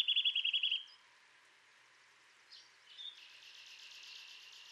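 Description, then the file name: Eurasian nuthatch calls, a rapid series of about eight sharp, high notes in the first second, then quiet with a few faint later notes and soft background hiss. "Sitta europaea"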